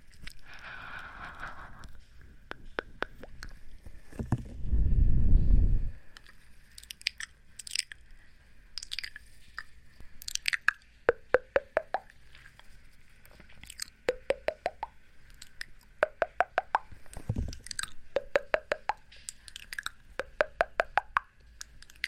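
Wet mouth sounds and kissy pops, with quick smacking clicks arriving in irregular bursts. Short upward squeaky pops recur every few seconds, and two low muffled thumps, around five and seventeen seconds, sound like brushing against the microphone.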